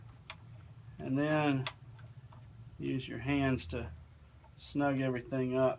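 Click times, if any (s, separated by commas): 0.3 s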